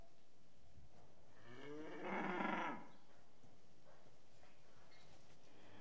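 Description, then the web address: Cattle call: a single rough, breathy low in the first half. Restless cattle in a shed. "BBC Sound Effects Library BBC Animals and Birds Cattle Restless In Shed"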